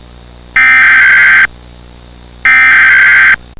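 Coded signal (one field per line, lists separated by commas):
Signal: Emergency Alert System (SAME) tones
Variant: header bursts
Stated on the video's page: EAS alert heard during a commercial break.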